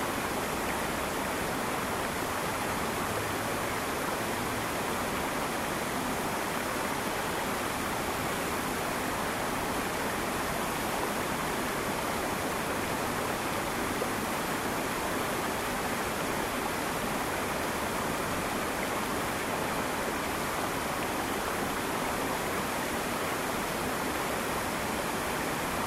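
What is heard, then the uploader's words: A forest waterfall pours in a steady, unbroken roar that fills everything from deep rumble to bright hiss. The rush stays dense and even for the whole stretch, with no pauses, swells or other sounds rising above it. A Waterfall in the Forest. We created a soundscape to transport you to deep within a mystical forest where you can listen to the sounds of a waterfall.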